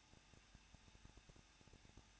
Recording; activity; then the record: daily activity, microphone in the room; no activity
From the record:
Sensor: 2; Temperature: 21.0 degrees Celsius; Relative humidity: 37.5%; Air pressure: 1006.3 hPa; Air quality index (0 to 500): 223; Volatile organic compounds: 25 ppm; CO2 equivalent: 2828 ppm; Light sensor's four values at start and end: 2/3/2/2 and 2/3/2/2